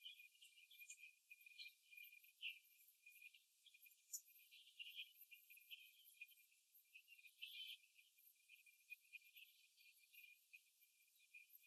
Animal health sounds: young laying hens in a cage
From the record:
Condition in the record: before the stressor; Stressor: simulated dog barking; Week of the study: 2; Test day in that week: 3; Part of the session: 3

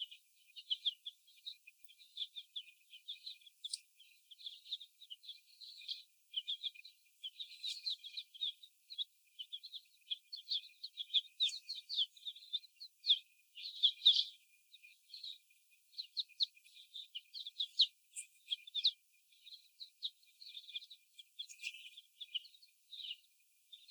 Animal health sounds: young laying hens in a cage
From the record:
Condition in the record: before the stressor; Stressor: sudden umbrella opening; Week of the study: 1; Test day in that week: 1

